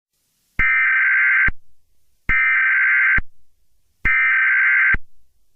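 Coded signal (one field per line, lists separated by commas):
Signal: Emergency Alert System (SAME) tones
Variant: header bursts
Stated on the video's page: Fictional EAS scenario, not a real alert.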